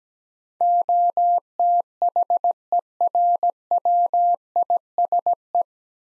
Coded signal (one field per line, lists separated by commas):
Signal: Morse code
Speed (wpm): 17 wpm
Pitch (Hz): 700 Hz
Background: none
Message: OTHERWISE